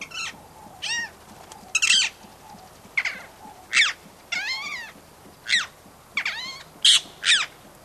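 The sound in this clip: Rose-ringed parakeet calling in a rapid series of shrill, buzzy shrieks, some rising and falling in pitch, about ten calls in eight seconds with brief gaps between them.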